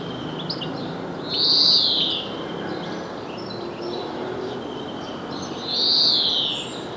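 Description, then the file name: European greenfinch calling with two loud wheezy notes about four seconds apart, against steady background noise. "Chloris chloris"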